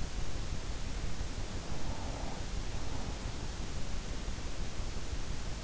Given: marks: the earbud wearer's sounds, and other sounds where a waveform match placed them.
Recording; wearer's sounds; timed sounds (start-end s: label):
sounds in sleep by an in-ear microphone; breath
1.41-3.82 s: breath